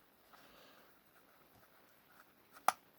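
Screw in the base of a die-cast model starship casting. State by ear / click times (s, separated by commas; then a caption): seated / 2.7 s. A screw with a washer is turned anti-clockwise in the base of a die-cast Dinky Starship Enterprise model, with faint quiet handling sounds and a small tick at 2.2 s. At 2.7 s a single sharp, bright click is heard as the screw thread seats into the tapped hole in the casting.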